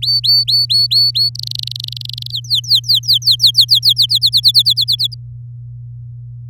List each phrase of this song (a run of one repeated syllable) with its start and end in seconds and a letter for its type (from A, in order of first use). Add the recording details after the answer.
0.02-1.30 A, 1.35-2.31 B, 2.31-4.06 C, 4.09-5.14 D. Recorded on 6 May 2018 at 06:17. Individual llb16